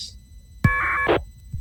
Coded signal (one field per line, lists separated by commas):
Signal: packet radio (AX.25, as in APRS)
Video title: K3BWA Winlink Off grid - Part 2